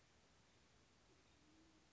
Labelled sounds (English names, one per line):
Band-tailed Pigeon